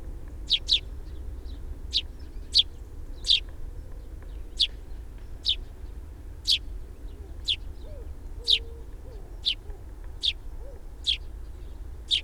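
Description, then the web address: Sparrow chirps, short sharp high notes given singly or in quick pairs about once a second, over a steady low rumble. "fugl s-spurv"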